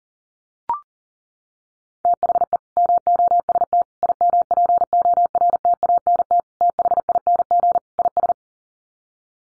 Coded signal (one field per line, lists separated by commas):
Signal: Morse code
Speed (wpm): 40 wpm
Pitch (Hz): 700 Hz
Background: none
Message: THE MOST IMPORTANT THING IS